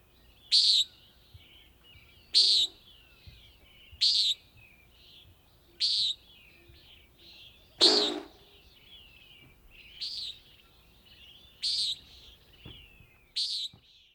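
Common nighthawk giving nasal, buzzy peent calls, short bursts about every two seconds.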